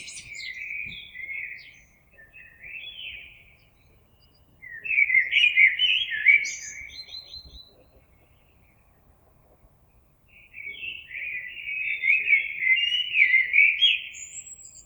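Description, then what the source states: Common blackbird singing rich fluty phrases that close in thin high twittering, several phrases separated by pauses. Recorded on 26 April 2022.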